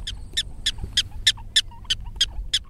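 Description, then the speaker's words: Prairie dog barking: sharp, high chirping barks repeated steadily about three times a second, nine in a row, over a low rumble. Prairie dog barking at the people, near a rattlesnake burrow on the west side of Boulder Reservoir, Boulder County, in October. "There goes the prairie dog barking at us."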